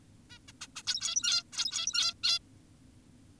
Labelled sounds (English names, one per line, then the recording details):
Zebra Finch
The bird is an adult
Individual g17y2U